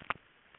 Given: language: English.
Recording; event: throat vibration sensor signal played as sound; swallow